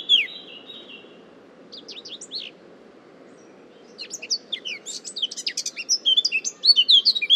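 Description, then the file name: Eurasian blackcap giving a few scattered high notes, then a quick chattering warble that builds into loud clear whistles near the end, with low steady hum behind. "Sylvia atricapilla"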